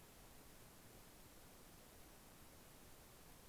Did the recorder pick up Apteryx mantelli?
no